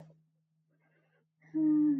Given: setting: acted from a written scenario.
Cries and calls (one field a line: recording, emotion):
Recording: vocal sound without words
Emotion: serenity